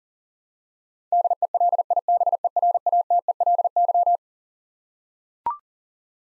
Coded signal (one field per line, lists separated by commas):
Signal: Morse code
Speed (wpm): 40 wpm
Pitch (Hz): 700 Hz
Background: none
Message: DELIBERATELY